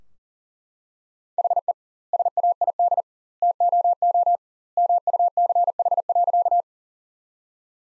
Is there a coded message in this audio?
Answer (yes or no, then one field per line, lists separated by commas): yes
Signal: Morse code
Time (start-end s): 1.4-6.6 s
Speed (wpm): 40 wpm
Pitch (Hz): 700 Hz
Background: none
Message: HE SAID TOO MUCH.